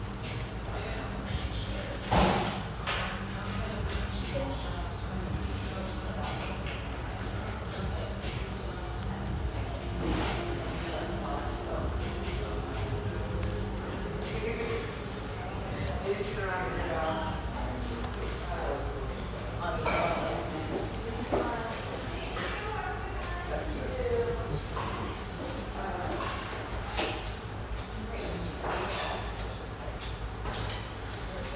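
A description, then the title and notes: The steady hum of an espresso house near the Vancouver riverfront, with overlapping voices chattering throughout and a constant low drone underneath. Sharp clinks and knocks, like cups and dishes, pop out every few seconds over the even, busy murmur. The pleasant hum in this lovely espresso house near the Vancouver riverfront.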